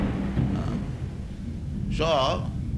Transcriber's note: loud thunder